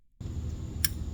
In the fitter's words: you should hear that little click